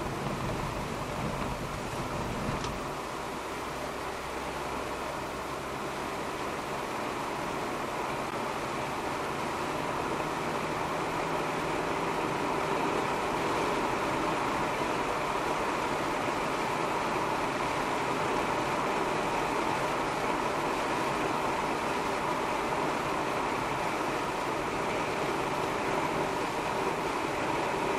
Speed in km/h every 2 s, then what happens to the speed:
60, 61, 66, 70, 75, 79, 83, 84, 84, 83, 82, 82, 81, 81.
0-13 speeds up to 84. 13-28 steady at about 82.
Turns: none.